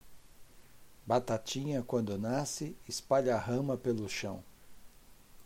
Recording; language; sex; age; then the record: short text; Brazilian Portuguese; male; 50 to 59 years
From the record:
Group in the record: control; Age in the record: 53 years